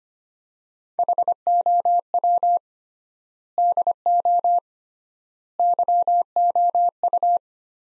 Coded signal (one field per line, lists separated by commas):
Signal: Morse code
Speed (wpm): 25 wpm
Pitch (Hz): 700 Hz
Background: none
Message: HOW DO YOU